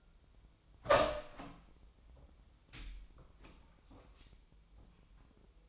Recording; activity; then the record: daily activity, microphone in the room; open door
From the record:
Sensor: 1